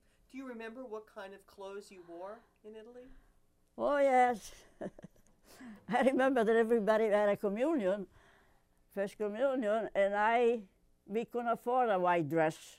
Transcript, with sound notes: Do you remember what kind of clothes you wore in Italy?
Oh, yes. ( she laughs ) I remember that everybody had a communion, First Communion, and I, we couldn't afford a white dress.